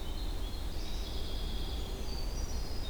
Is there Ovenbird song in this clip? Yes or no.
no